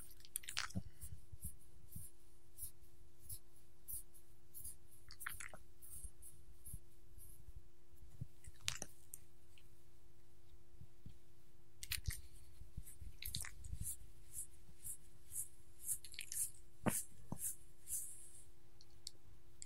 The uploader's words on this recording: ASMR Petting My Dog - Scratching, Licking, and Eating Sounds.